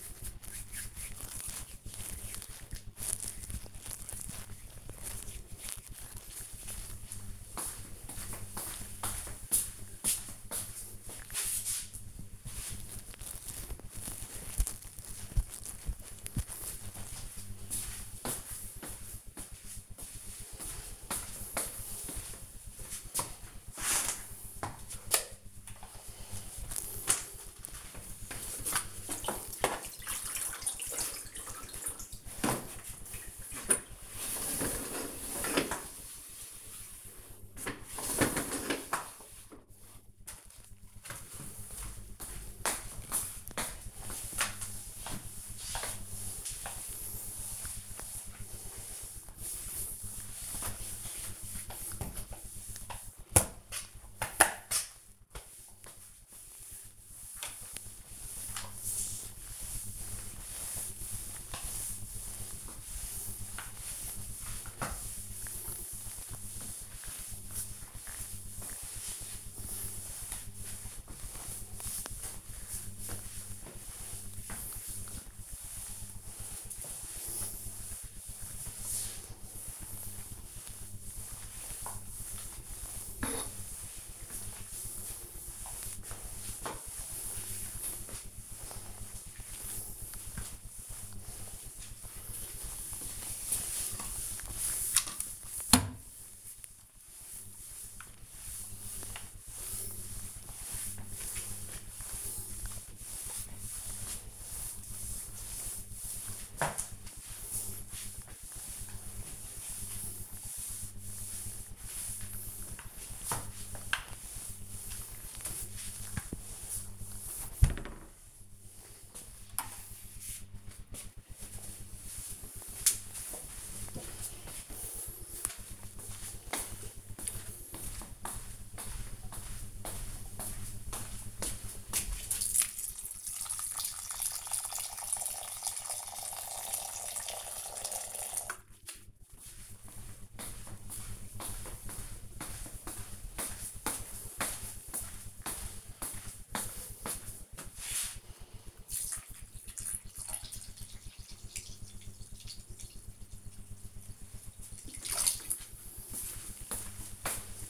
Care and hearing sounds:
household activities, microphone on the right wrist
0.00-5.89 s: cream hands
29.05-118.63 s: floor cleaning
127.69-157.70 s: watering plant

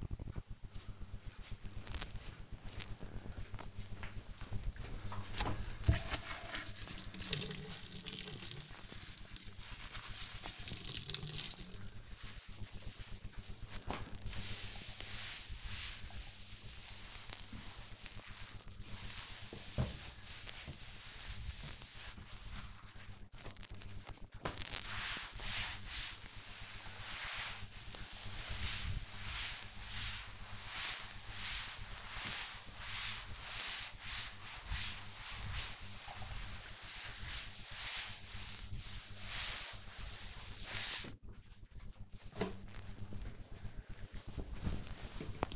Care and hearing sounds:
household activities, microphone on the right wrist
12.24-41.42 s: cleaning table

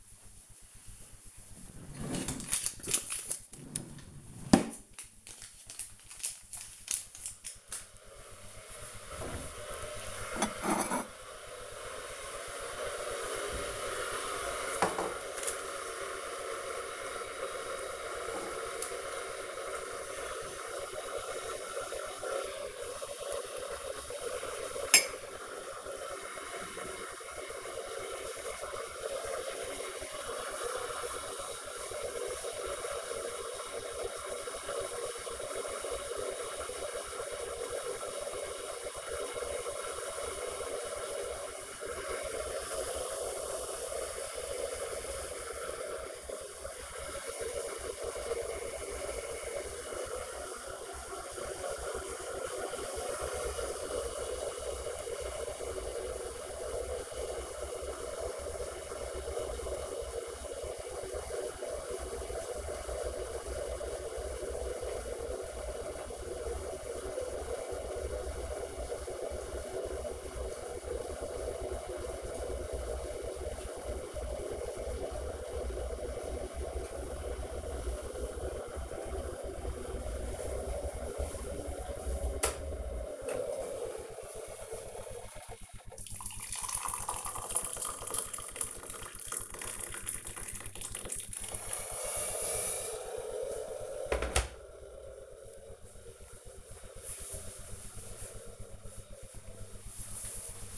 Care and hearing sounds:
household activities, microphone on the right wrist
0.00-94.75 s: making tea

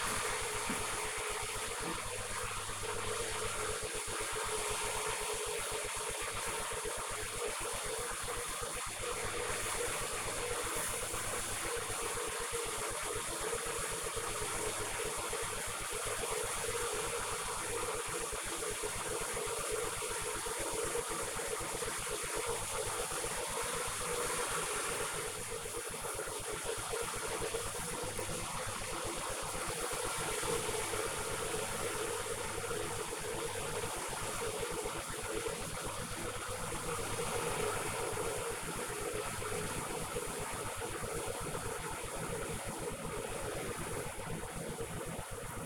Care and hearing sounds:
household activities, microphone on the right wrist
0.00-45.66 s: making tea

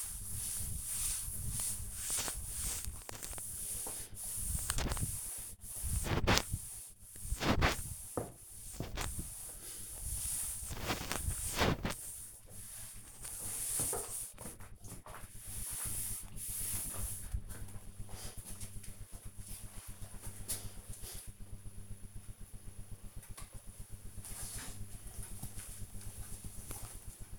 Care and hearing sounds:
household activities, microphone on the right wrist
0.00-16.17 s: cleaning table
23.20-27.39 s: cream hands

